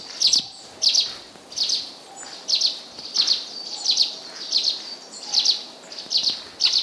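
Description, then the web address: Russet sparrow calling with bright, high paired chirps in an uneven series, about one and a half per second, over soft background noise. "izumino saunndo nyuunaisuzume"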